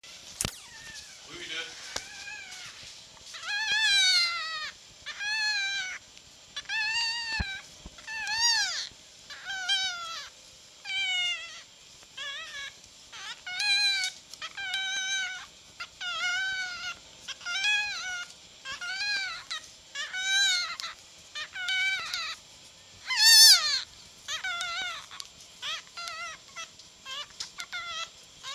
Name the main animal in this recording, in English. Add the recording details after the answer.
Red Fox. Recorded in captivity. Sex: male. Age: juvenile. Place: Zoologisches Institut der HUB, Berlin, DE. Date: 1956-04-23. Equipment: Elmetra. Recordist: Tembrock, Günter